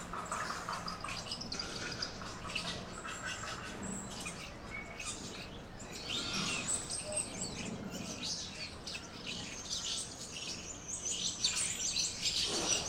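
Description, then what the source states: Birds twittering and chirping, many overlapping high notes in a steady busy chorus, growing slightly louder toward the end. Birds chirping in a tree.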